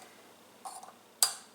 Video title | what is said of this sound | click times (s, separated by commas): Easy KitchenAid Mixer Repair | there we go it's locked on its shaft that will keep this gear from rising up | 1.2 s